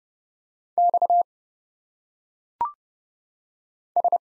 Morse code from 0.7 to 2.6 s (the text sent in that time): X